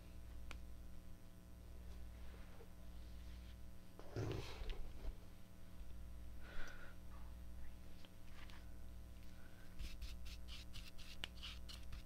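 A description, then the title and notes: A scalp check and hair mask session, heard as soft rustling and brushing over a steady low hum. Brief scratchy bursts come around four and six seconds, and a quick run of crisp ticking sounds fills the last two seconds. ASMR Scalp Check Exam & Hair Mask.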